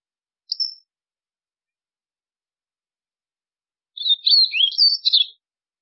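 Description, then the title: White-throated seedeater song: a brief high note, a long pause, then one fast phrase of sharp twittering whistles. "Canto Do Golinha"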